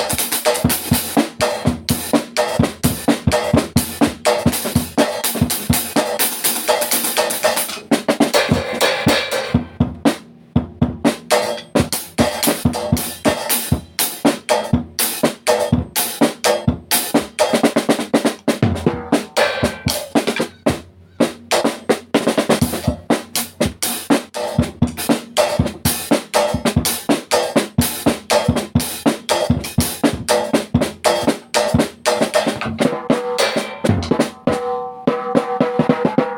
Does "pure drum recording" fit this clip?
yes